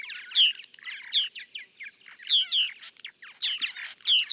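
Purple martin chortling song: rich gurgled notes punctuated at intervals by loud, clear chirps.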